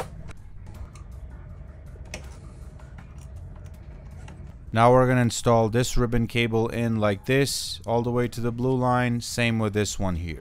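Small antenna coax connectors are lined up and pushed down onto their sockets on a game console power supply board, and one snaps into place with a sharp click at 2.1 s among quieter handling ticks. After about 4.8 s someone talks.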